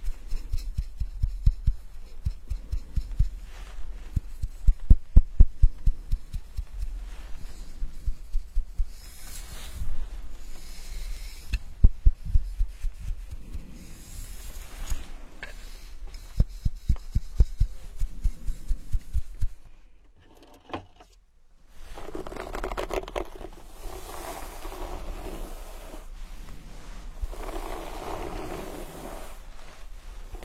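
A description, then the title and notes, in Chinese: Immersive hair washing and scalp massage: dense rubbing and scratching with low thumps through twenty seconds, a brief hush, then a softer steady wash. 沉浸式洗头体验 & 头皮按摩。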